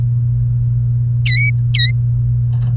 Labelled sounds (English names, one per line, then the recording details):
Domestic Canary song
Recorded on 28 April 2018 at 16:09
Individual llb3